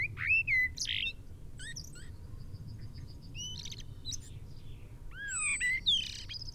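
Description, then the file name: Common blackbird with clear falling fluty notes at the start and near the end, among scattered high chirps and short trills, with a constant low hum. "Turdus merula"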